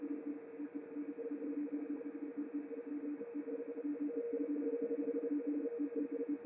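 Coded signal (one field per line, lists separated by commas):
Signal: RTTY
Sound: continuous rapid warble between two low tones about 180 Hz apart, over hiss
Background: radio static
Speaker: sound you hear in the background is actually the radio teletype signal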